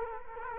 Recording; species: mosquito wingbeat signal from an infrared sensor; Culex quinquefasciatus